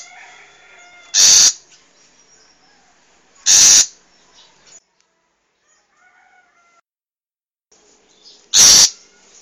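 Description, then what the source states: Long-tailed shrike producing three raspy, explosive notes separated by long pauses. Wild long-tailed shrike; recording used as a master recording for training cage birds.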